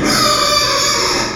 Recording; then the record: squeal of a Yucatan mini pig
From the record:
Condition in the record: before surgery on the right vocal fold (resection and tissue-engineered implant); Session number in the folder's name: 1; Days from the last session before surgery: -3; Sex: male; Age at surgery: 12 weeks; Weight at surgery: 13 kg